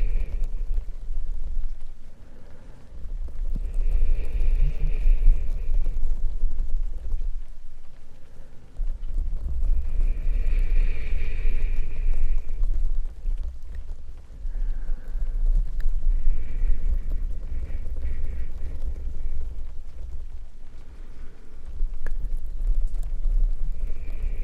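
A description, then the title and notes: A deep, bassy rumble of brain scratching runs steadily through the whole clip, thick, with faint crackly scratches. Soft shushing swells rise over it every few seconds, around five, eleven, seventeen and twenty-four seconds, with brief quieter dips between. ASMR deep bassy brain scratching in the rain with shushing and breathing sounds.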